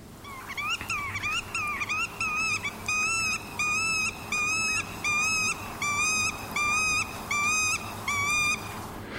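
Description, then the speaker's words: Black-tailed Godwit calls, a rhythmic series of nasal, wavering notes repeated more than once a second, steady and insistent, with a few quicker notes at the start. A sound that heralds spring. "De grutto. Ook een geluid dat de lente aankondigt."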